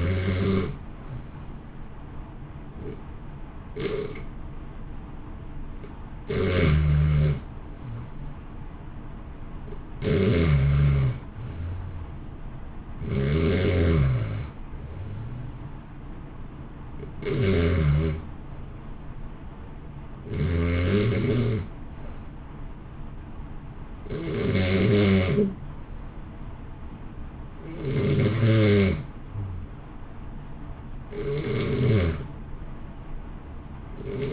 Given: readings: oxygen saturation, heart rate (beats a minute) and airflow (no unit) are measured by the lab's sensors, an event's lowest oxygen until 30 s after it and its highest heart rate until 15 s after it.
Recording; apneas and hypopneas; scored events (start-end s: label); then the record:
breathing in sleep by a smartphone at the bedside; 1
9.00-26.80 s: hypopnea (REM, oxygen 94% highest, then 91% lowest, heart rate 61 at the start, 64 highest)
From the record:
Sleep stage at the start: REM sleep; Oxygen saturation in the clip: 75 to 94%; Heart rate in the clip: 59 to 64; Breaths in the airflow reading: 10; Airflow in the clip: -0.7 to 1.1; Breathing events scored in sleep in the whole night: 328 in 6.3 hours asleep